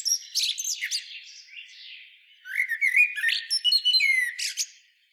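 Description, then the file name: Common blackbird song: a squeaky burst, a soft fluty stretch, then a loud jumble of rising whistles and high twittering notes. "Turdus merula"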